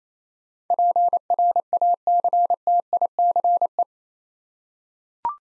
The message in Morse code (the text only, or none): PRACTICE